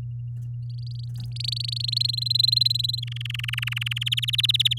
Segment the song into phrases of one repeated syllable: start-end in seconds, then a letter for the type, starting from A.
0.70-2.07 A, 2.08-3.00 B, 3.02-4.04 C, 4.06-4.78 D